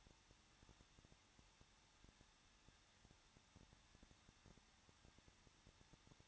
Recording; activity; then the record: daily activity, microphone in the room; no activity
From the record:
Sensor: 3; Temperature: 21.2 degrees Celsius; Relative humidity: 36.3%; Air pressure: 1006.3 hPa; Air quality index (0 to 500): 221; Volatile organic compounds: 40 ppm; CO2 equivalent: 3150 ppm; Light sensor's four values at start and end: 2/3/2/2 and 2/3/2/2